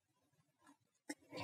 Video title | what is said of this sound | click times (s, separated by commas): How-to Infuse Total Parenteral Nutrition (TPN) at Home | these hinges act like a door hinge push up on the cassette until it firmly clicks into place | 1.1 s